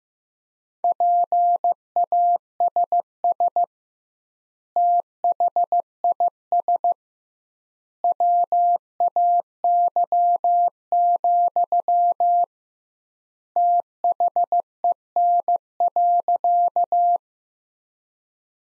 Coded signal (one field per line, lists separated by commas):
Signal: Morse code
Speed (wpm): 15 wpm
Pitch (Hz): 700 Hz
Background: none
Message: PASS THIS WAY, THEN.